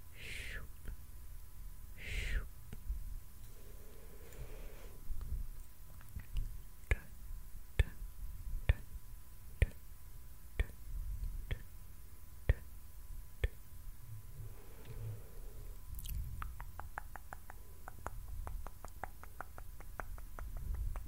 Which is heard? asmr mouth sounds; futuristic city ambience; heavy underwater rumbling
asmr mouth sounds